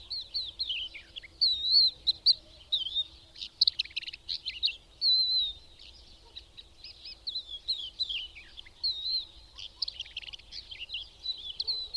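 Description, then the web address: Birdsong of rapid, high twittering phrases with chirps, trills and short whistled slurs, running almost continuously with brief gaps. "madarak enek"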